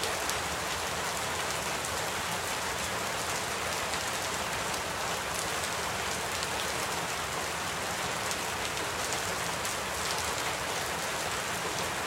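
Steady, dense rain hisses evenly throughout, bright, with faint scattered drop ticks and no break in intensity.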